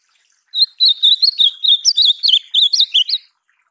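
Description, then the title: Ultramarine grosbeak singing a sweet, warbling phrase of many rapid slurred notes, on a quiet background. Song for teaching a pet seedeater (golinha) to sing. "Encarte Seu Golinha Com Este Lindo Canto De Azulão"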